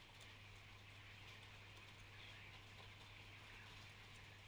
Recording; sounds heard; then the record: poultry house recording; healthy chickens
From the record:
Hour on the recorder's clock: 13